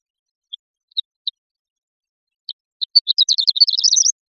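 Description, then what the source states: Bird call: several spaced single high chirps, then a rapid rising run of twittering notes lasting over a second. Recorded in Costa Rica.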